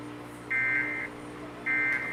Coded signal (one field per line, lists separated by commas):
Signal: Emergency Alert System (SAME) tones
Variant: end-of-message bursts